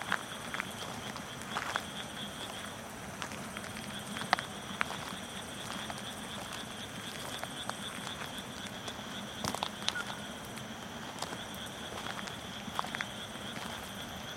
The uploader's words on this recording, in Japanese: こえ と おと---- 真夜中の田圃より。